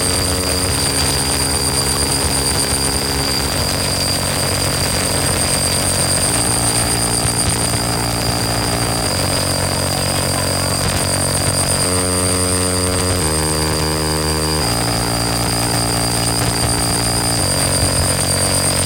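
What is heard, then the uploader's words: Radio static hums steadily under a droning vehicle, with shifting tonal bands that step and change every few seconds, plus constant high whines. The requirement for this contribution was to record the period of strange radio signals during a nighttime ride through the middle of nowhere where the regular broadcast signal just dropped dead. For this track i utilised my little travel modular synthesizer plus a sequencer.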